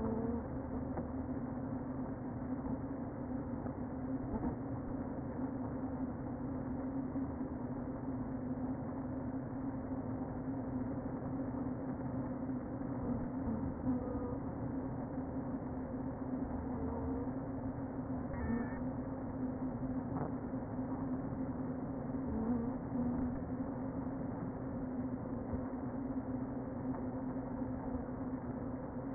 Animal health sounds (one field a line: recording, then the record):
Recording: honeybee colony, microphone inside the hive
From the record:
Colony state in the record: queen present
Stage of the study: before two queens were removed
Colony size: about 60,000 bees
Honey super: yes